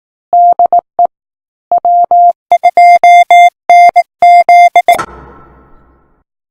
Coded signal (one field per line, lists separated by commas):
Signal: Morse code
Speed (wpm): 19 wpm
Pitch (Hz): 700 Hz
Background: music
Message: DE W2NZ